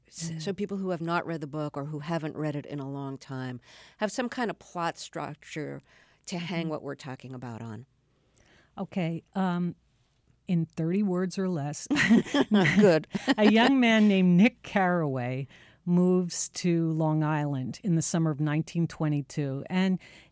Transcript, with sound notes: So people who have not read the book or who haven't read it in a long time, have some kind of plot structure to hang what we're talking about on.
OK, in 30 words or less...
(LAUGHTER)
Good.
A young man named Nick Carraway moves to Long Island in the summer of 1922.